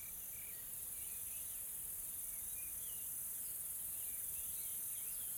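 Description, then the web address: Insects droning in a high, unbroken shrill wash, with soft scattered chirps and short slurred notes underneath. Soft, calm insect ambience from a tropical forest in South Africa. "Sonniss com - GDC 2020-Game Audio Bundle Smart Sound FX - Nature South Africa AMBIENCE Additional Tropical Forest Soft Insects Calm"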